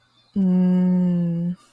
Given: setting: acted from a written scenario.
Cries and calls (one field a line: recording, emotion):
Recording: vocal sound without words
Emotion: desire